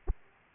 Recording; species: mosquito wingbeat signal from an infrared sensor; Aedes aegypti